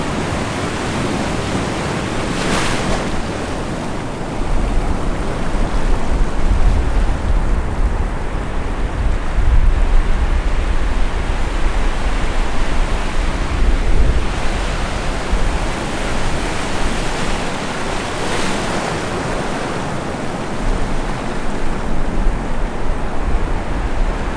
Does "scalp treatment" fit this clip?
no